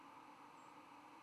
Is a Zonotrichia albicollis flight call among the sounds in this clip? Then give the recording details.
yes. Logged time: 09:26 on 10 November 2014